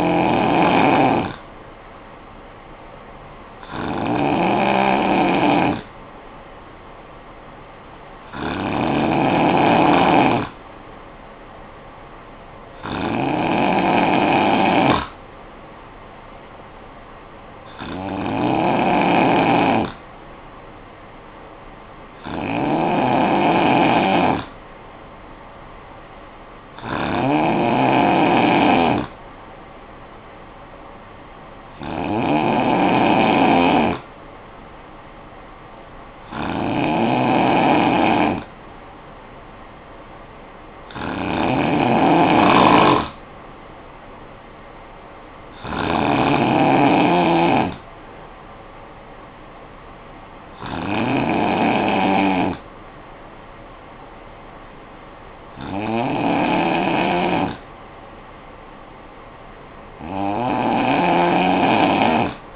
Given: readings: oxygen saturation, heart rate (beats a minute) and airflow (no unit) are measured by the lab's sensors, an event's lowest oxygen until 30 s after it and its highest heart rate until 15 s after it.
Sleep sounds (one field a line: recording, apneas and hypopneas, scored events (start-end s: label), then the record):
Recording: breathing in sleep by a voice recorder at the bedside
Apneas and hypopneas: none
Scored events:
none scored
From the record:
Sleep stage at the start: N2 (light sleep)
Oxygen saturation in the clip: 92 to 93%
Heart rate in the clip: 52 to 59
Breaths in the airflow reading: 14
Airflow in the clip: -8.9 to 4.6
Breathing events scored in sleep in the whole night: 445 in 7.6 hours asleep